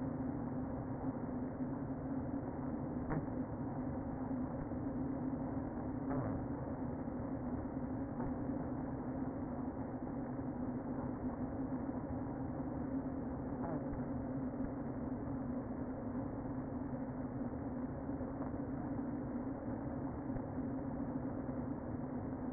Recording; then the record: honeybee colony, microphone inside the hive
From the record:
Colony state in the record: queen present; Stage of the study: before two queens were removed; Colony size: about 60,000 bees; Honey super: yes